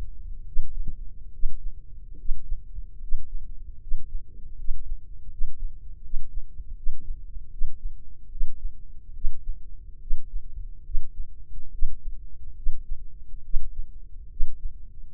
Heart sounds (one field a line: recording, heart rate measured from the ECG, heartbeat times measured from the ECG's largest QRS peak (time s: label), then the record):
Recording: heart sounds by microphone in the left ear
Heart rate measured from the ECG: 74 bpm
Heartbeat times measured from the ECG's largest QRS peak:
0.44 s: heartbeat
1.31 s: heartbeat
2.16 s: heartbeat
2.99 s: heartbeat
3.79 s: heartbeat
4.56 s: heartbeat
5.29 s: heartbeat
6.02 s: heartbeat
6.75 s: heartbeat
7.50 s: heartbeat
8.29 s: heartbeat
9.13 s: heartbeat
10.00 s: heartbeat
10.84 s: heartbeat
11.71 s: heartbeat
12.55 s: heartbeat
13.43 s: heartbeat
14.29 s: heartbeat
15.12 s: heartbeat
From the record:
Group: healthy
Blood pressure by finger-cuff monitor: 90/54 mmHg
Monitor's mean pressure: 61 mmHg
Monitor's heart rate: 72 bpm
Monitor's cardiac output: 6 L/min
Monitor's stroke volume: 83 mL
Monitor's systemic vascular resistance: 680 dyn s/cm5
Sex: female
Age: 22 years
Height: 157 cm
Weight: 47.6 kg